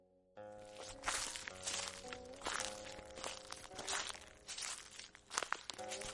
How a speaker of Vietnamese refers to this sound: bên tai của Hứa Thành vang lên tiếng bước chân